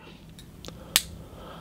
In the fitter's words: There we go, nice satisfying click, everything lined up.